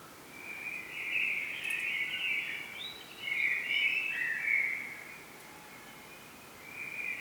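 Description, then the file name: Common blackbird, a run of warbled, slightly slurred notes that rise and fall across about four seconds, with a short fresh phrase starting near the end, and background hiss. "Turdus merula"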